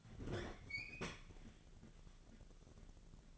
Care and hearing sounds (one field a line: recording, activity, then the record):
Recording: daily activity, microphone in the room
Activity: open fridge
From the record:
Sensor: 4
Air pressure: 1000.9 hPa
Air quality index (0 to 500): 125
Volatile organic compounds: 1 ppm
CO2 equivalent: 935 ppm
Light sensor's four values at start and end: 30/72/30/33 and 30/71/30/32